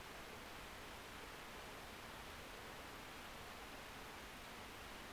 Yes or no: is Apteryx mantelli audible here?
no